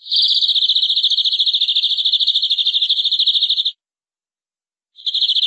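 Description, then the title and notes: Canary song with a long fast trill of rapid repeated notes, a pause of about a second, then the trill resumes. "BM Suara Burung Kenari"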